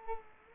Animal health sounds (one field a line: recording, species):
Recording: mosquito wingbeat signal from an infrared sensor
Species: Culex quinquefasciatus